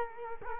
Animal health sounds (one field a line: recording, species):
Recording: mosquito wingbeat signal from an infrared sensor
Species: Culex quinquefasciatus